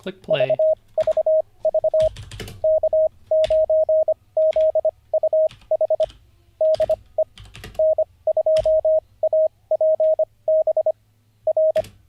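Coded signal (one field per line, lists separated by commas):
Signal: Morse code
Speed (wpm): 25 wpm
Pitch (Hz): 630 Hz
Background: speech, radio noise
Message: VVV K9ZUH DE N2APB R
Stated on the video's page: Morse code practice during a livestream, day 48 of learning.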